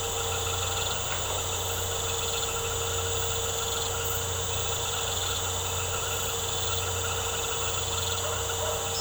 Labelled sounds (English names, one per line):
none